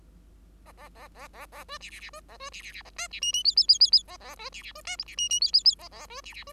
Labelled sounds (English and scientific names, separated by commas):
Bengalese Finch (Lonchura striata domestica) song